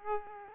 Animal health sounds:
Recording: mosquito wingbeat signal from an infrared sensor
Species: Aedes aegypti

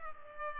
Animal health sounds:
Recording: mosquito wingbeat signal from an infrared sensor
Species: Culex pipiens

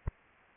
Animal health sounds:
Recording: mosquito wingbeat signal from an infrared sensor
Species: Anopheles arabiensis

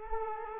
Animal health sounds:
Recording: mosquito wingbeat signal from an infrared sensor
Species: Culex quinquefasciatus

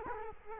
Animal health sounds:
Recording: mosquito wingbeat signal from an infrared sensor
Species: Culex quinquefasciatus

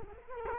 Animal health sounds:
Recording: mosquito wingbeat signal from an infrared sensor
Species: Culex quinquefasciatus

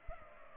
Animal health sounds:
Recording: mosquito wingbeat signal from an infrared sensor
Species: Culex pipiens

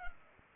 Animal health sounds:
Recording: mosquito wingbeat signal from an infrared sensor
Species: Culex pipiens

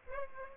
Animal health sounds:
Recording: mosquito wingbeat signal from an infrared sensor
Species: Aedes aegypti

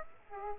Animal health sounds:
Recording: mosquito wingbeat signal from an infrared sensor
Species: Aedes aegypti

